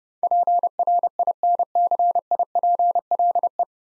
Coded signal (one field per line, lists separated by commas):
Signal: Morse code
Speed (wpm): 30 wpm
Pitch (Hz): 700 Hz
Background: none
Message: PRINCIPLE